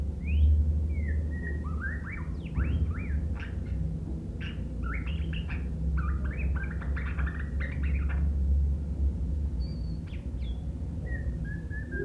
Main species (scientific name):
Copsychus malabaricus